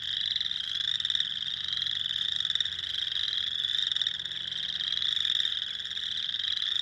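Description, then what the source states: Chorus of spring peepers, many high piping peeps overlapping in an unbroken shrill wash of sound. Recorded 2021-04-06.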